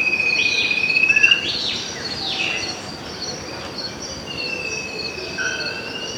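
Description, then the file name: Bird whistle held for over a second at the start, followed later by a fainter long whistled note, over a continuous high insect chorus. "SABIOD 50 bird 2015"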